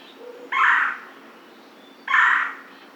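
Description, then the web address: Red-bellied woodpecker giving rolling, harsh churring calls, two short burry notes about one and a half seconds apart over a quiet background. Recorded 14 June 2009. "Red-bellied Woodpecker 2009 06 14"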